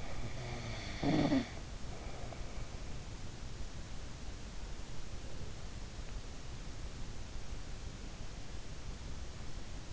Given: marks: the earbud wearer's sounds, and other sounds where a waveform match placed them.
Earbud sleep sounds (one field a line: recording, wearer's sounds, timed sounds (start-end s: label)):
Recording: sounds in sleep by an in-ear microphone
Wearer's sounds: snoring breath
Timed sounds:
0.00-3.03 s: snoring breath